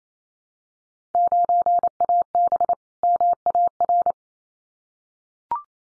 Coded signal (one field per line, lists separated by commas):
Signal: Morse code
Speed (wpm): 27 wpm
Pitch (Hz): 700 Hz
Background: none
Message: 9AB MAR